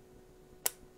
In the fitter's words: le bas on le Connect vous allez entendre clic quand c'est connecté